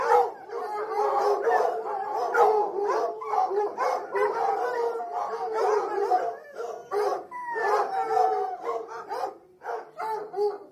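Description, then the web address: Dogs barking and whining together, a dense overlapping chorus of yelps, howl-like whines and sharp barks throughout. Several dogs whining and barking at kennels, heard from varying perspectives. "Sound Effects-BBC Dogs Barking BBC"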